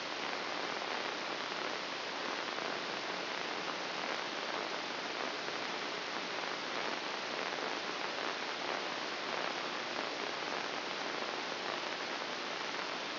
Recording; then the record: brain microelectrode recording played as sound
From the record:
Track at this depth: inside the subthalamic nucleus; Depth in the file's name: 6.105 mm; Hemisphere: left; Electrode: 2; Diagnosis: Parkinson's disease